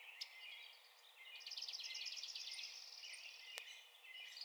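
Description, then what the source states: Dark-eyed junco trill, a quick, level series of high notes, amid faint twittering, hiss and one sharp click. Recorded on 16 April 2021.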